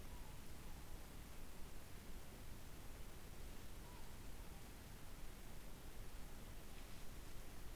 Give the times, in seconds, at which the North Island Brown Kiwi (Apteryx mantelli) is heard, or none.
none